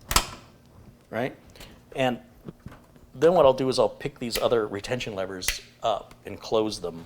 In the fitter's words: to push down and hear that click,